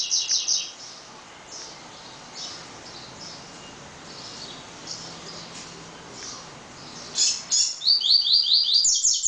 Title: Canto Coleiro